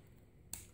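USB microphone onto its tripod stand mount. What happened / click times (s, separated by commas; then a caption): The plastic mount snapped onto its pegs / 0.5 s. A Fifine Cardioide USB microphone is pushed down onto the pegs of its plastic tripod stand base. After near silence, it snaps into place with one sharp, bright click at 0.5 s, and the microphone is seated on the stand.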